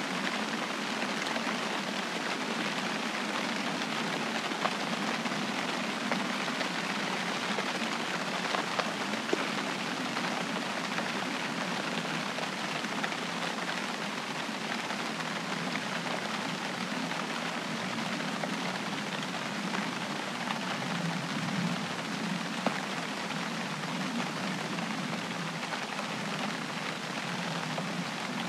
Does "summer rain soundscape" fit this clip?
yes